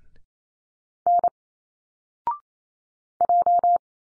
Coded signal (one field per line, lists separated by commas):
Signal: Morse code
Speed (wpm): 27 wpm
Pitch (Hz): 700 Hz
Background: none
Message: N J